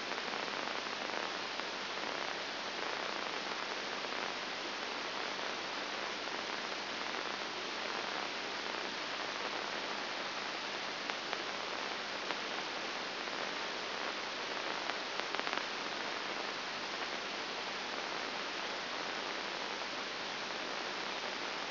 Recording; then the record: brain microelectrode recording played as sound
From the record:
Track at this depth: inside the subthalamic nucleus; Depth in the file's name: 1.305 mm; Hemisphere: left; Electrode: 2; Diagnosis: Parkinson's disease